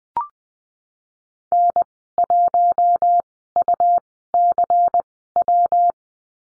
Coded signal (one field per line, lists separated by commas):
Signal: Morse code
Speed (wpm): 20 wpm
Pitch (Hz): 700 Hz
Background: none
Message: N 1 U C W